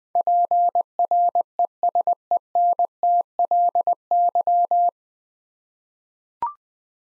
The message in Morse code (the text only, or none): PRESENTLY